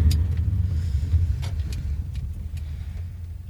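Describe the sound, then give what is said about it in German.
A car's steady low engine rumble gradually eases as it pulls into a parking lot and rolls to a stop, with a few faint crunching ticks from the tyres along the way. “Da rechts muss gleich am Parkplatz kommen, da halte ich dann.”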